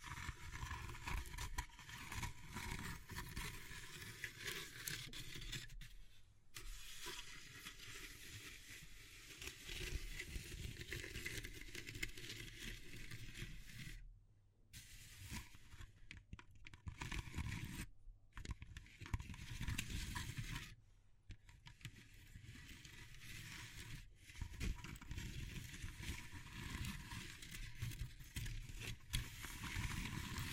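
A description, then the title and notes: Dense, continuous crunching and scraping of wood, bamboo and straw, with strong low rumble beneath the brittle crackle. Brief silent gaps break the texture near 6, 14, 18 and 21 seconds before the rustling handling resumes. ASMR Relaxing Natural Triggers Wood, Bamboo and Straw (No Talking).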